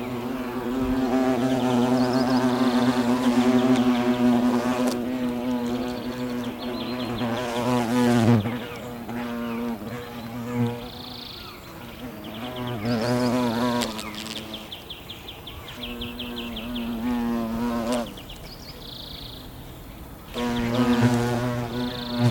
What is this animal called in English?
Hornet